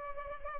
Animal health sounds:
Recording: mosquito wingbeat signal from an infrared sensor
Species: Culex pipiens

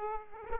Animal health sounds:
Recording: mosquito wingbeat signal from an infrared sensor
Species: Aedes aegypti

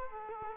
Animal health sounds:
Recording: mosquito wingbeat signal from an infrared sensor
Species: Culex quinquefasciatus

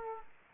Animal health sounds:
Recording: mosquito wingbeat signal from an infrared sensor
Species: Aedes aegypti

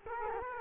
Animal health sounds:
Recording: mosquito wingbeat signal from an infrared sensor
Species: Culex quinquefasciatus

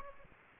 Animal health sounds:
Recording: mosquito wingbeat signal from an infrared sensor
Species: Aedes aegypti

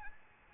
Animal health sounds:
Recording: mosquito wingbeat signal from an infrared sensor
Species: Aedes albopictus

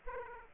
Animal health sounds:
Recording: mosquito wingbeat signal from an infrared sensor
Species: Aedes aegypti

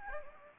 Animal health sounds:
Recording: mosquito wingbeat signal from an infrared sensor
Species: Anopheles gambiae

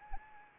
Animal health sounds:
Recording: mosquito wingbeat signal from an infrared sensor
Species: Anopheles arabiensis

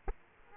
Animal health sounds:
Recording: mosquito wingbeat signal from an infrared sensor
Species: Aedes aegypti

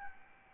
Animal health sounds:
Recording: mosquito wingbeat signal from an infrared sensor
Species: Aedes albopictus

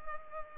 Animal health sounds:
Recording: mosquito wingbeat signal from an infrared sensor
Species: Culex pipiens

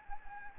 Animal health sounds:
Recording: mosquito wingbeat signal from an infrared sensor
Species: Anopheles gambiae

